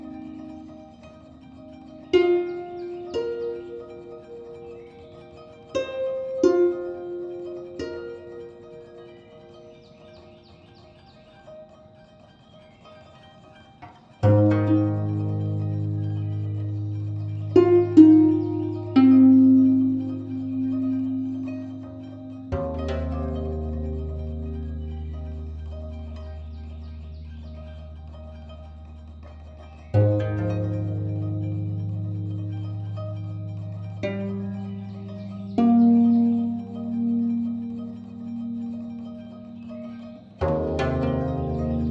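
A guzheng plays alone, opening with sparse, ringing plucks in the middle register that fade slowly. Around fourteen seconds deep bass notes join, struck roughly every eight seconds and left to resonate, while short melodic runs and glides continue above them.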